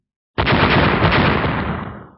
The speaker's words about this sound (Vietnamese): Những tiếng nổ vang lên liên tiếp, đầu của ba con cương thi lập tức biến thành tro, thân thể bị khựng lại, đứng sững tại chỗ một chút rồi đồng loạt ngã xuống.